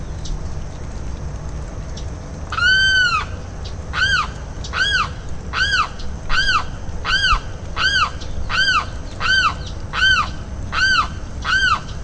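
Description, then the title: Limpkin wailing: a long first cry then a steady series of about eleven loud, harmonic, arched calls repeated under a second apart against low background noise. "LuckyPassaro Completos2Sama. Limpkin (Aramus guarauna)"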